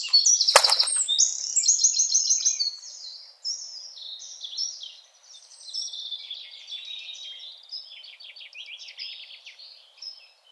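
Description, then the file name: Eurasian wren song: a sharp knock, then loud, high, rapid trills for about three seconds, fading into quieter continuing high buzzy trills and chirps. "Troglodytes troglodytes"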